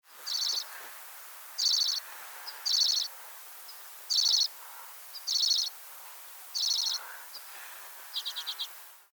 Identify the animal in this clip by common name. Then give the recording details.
Common Redpoll. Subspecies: cabaret. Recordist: Frommolt, Karl-Heinz. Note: Alpenbirkenzeisig Flugrufe